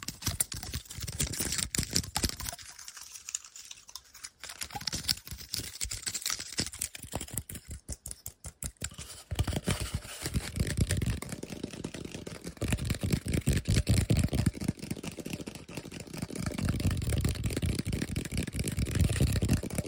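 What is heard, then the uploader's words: Fast, aggressive tapping and scratching, dry, with dense clicks running nearly nonstop. A brief sparser patch around three to four seconds and choppy bursts near eight seconds break the flow; afterward the rapid tapping thickens, with heavier low thuds toward the end. ASMR LOFI Fast & Aggressive Tapping & Scratching (No Talking).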